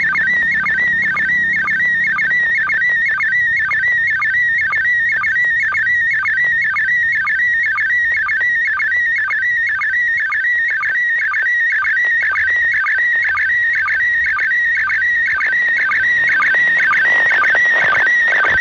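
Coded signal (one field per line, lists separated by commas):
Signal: SSTV (slow-scan television)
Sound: continuous warbling, chirping tone with rapid regular ticks, steady throughout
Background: radio static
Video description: รับสัญญานเสียงในระบบ SSTV เพื่อถอดรหัสเป็นภาพจากสถานีอวกาศ RS0ISS ด้วยวิทยุ นิดมือถือ รุ่น PILOT 144H สายอากาศ 10 ท่อน ความถี่ 145.8000 MHz. และถอดสัญญานภาพ ด้วยโปรแกรม Robot36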